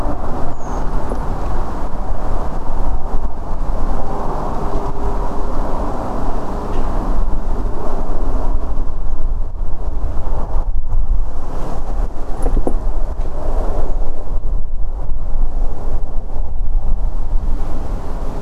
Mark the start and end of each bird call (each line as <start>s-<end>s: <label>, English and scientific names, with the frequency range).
0.50s-0.80s: Redwing (Turdus iliacus) (6.0-7.5 kHz)